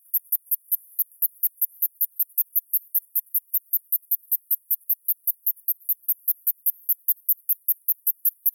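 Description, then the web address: Cicada singing a long, regular train of shrill, high ticks, close to five per second, steady throughout with a quiet background. New Zealand cicada species at Runanga, New Zealand. "cicada NZ species Runanga"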